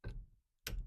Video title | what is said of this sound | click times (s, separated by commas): Installing the brake pads on the driver side rear disc assembly | You hear a click? That's it. That's 27 Newton meters. | 0.7 s